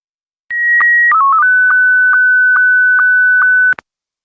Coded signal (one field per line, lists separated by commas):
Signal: SSTV (slow-scan television)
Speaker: So you heard that dee dee, and then doo, and then doo doo doo. So the first two dee dee are those ones. The doodle is the encoding, and then the ongoing thing is the image that's being sent.